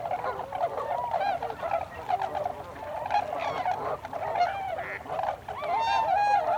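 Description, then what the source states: Tundra swan flock calling constantly, a steady babble of mellow whooping notes, with a few clearer rising calls near the end. Several tundra swans recorded together on 26 December 2020.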